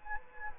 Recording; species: mosquito wingbeat signal from an infrared sensor; Culex quinquefasciatus